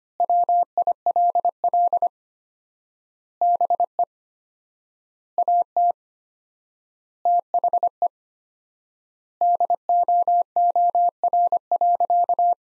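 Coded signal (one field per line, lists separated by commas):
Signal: Morse code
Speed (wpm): 25 wpm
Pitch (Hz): 700 Hz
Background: none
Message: WILL BE AT THE DOOR.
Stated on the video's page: Morse practice at 25 wpm, sentences from top 400 words sent with 4x standard word spacing, Farnsworth-like method.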